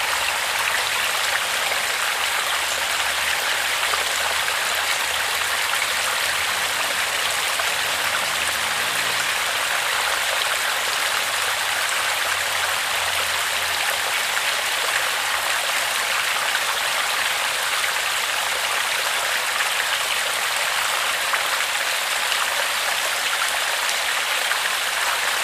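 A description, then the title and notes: Water runs steadily over stones in a small forest creek, a dense, even rush that stays the same throughout. The sound is bright and hissy, sitting mostly in the upper range, with only a faint low murmur beneath and a brief soft tonal flutter around eight seconds. HIDDEN CREEK. The water finds its way through stones and flows into a little creek, that meanders through a little forest. Guarded by oak trees.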